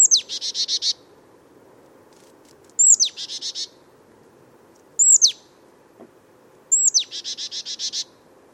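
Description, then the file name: Marsh Tit calls: a sharp high 'pitchoo' note given four times, three of them followed by a quick buzzy chatter of several notes, over quiet low background hum. "Poecile palustris"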